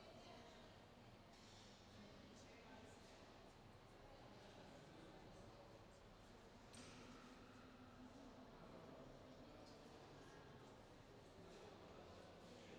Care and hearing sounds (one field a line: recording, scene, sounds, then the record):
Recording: everyday scene through a hearing-aid microphone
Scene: reverberant space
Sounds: background noise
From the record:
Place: railway station hall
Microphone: in the ear canal, left